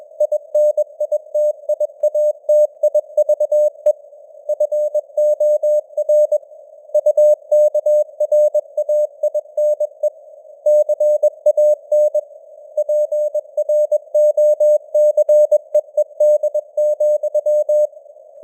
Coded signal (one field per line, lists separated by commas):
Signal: Morse code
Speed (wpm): 21 wpm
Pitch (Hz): 600 Hz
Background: none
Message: INITIATIVE FOR UKRAINE CAN PROCEED,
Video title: Morse Code News | 2026-01-07 | 21wpm